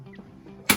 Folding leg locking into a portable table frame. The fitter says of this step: Simply clicks into place, and to put the legs down, this wee plastic bit here, just lift it up.